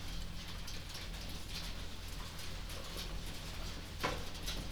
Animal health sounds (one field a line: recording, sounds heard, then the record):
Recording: poultry house recording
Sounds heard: no chicken sound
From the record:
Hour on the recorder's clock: 21